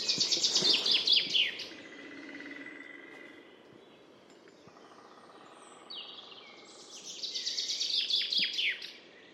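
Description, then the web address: Common chaffinch song phrases of quick descending notes at the start and end, with background noise in between. "Deverinetal 2025 File origin Bird Only Fr Co"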